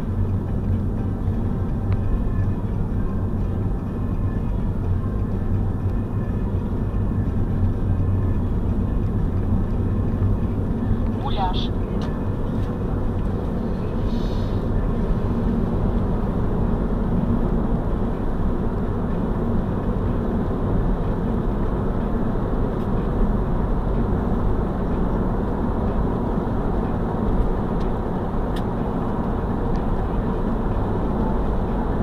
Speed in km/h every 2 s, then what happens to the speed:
23, 34, 39, 37, 30, 28, 39, 50, 54, 62, 68, 71, 75, 78, 81, 79.
0-3 speeds up to 39. 3-10 slows to 28. 10-27 speeds up to 81.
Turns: 5-10.